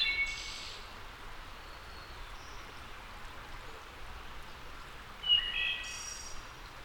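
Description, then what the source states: Wood thrush song: a phrase ending in a high trill at the start and another fluty phrase about five seconds later, over constant rushing background hiss. Labelled as a return.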